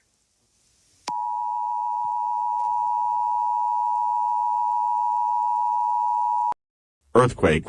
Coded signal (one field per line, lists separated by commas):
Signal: Emergency Alert System (SAME) tones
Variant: 853 and 960 Hz attention tone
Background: speech